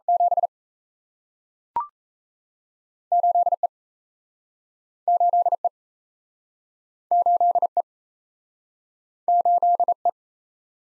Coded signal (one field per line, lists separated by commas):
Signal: Morse code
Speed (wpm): 38 wpm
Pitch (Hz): 700 Hz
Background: none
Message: 7 8E 8E 8E 8E